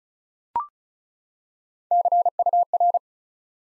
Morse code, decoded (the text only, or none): CUR